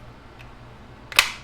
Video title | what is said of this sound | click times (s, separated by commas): Milwaukee 2801-20 Cordless Drill Features and Tutorial | and push in until you hear a click. | 1.1 s, 1.2 s